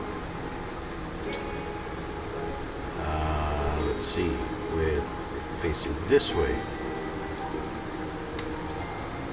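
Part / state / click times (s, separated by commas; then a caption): plastic kit part into leg assembly / seated / 8.4 s. A plastic leg part of a Bandai MG Wing Gundam Zero EW model kit is oriented and pushed into the leg assembly while someone talks over a steady background hiss. A brief tick is heard at 1.3 s, and a sharp click at 8.4 s marks the part snapping in. It is seated as it should be.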